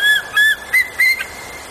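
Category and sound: bird, eagle call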